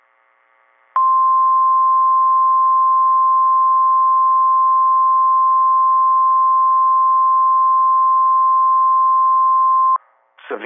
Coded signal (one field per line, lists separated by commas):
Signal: Emergency Alert System (SAME) tones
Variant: 1050 Hz attention tone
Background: speech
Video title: EAS Alerts From 6/29/23 (EAS #1868-1883)